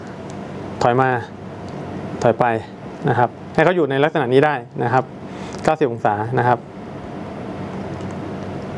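A vertical camera mount on an RS4 or RS4 Pro handheld gimbal is turned to a 90-degree vertical position and held there before being locked. Someone talks in short bursts over a steady low background hum. Nothing has seated or clicked yet.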